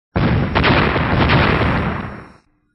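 Six golden light orbs explode at once: a loud, roaring explosion bursts in suddenly and rumbles with dense, crackling noise for about two seconds before cutting off abruptly.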